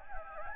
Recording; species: mosquito wingbeat signal from an infrared sensor; Anopheles gambiae